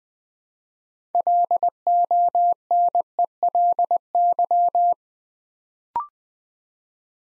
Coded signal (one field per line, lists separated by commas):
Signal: Morse code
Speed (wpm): 20 wpm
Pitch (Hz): 700 Hz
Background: none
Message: LONELY